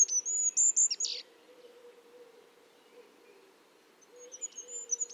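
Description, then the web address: Bird giving a brief burst of high thin chirps and a buzzy note, a pause with a low steady hum, then more thin high chirps at the end. "cianscape. Deverinetal 2025. Bird Only"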